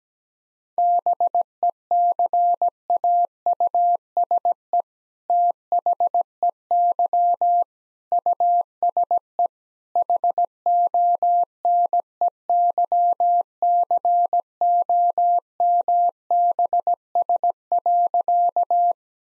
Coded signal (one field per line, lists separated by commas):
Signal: Morse code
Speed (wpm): 17 wpm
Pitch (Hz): 700 Hz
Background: none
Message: BECAUSE THEY USE HONEYCOMBS.